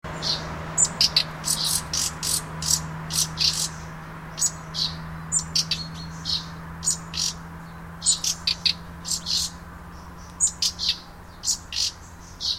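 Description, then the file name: Common nightingale with rapid bright chirps and clicking notes in uneven clusters, and a steady low hum running throughout. "Luscinia megarhynchos"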